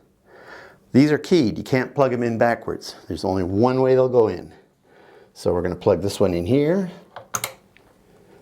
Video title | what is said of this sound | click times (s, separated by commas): DirectStream Kit installation | Satisfying click. | 7.3 s